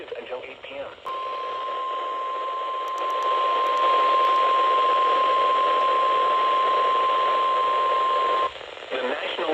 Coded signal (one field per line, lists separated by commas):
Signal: Emergency Alert System (SAME) tones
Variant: 1050 Hz attention tone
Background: speech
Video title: September Storms: EAS Alerts From 9/6/25 (EAS #5819-5853)